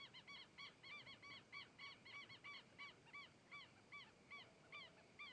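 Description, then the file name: Herons calling together: rapid, overlapping nasal honks in a busy cluster, then spacing out into a slower regular series. Herons approaching, passing in front of the microphone and moving away. "Garcas se aproximando, passando em frente ao microfone e saindo"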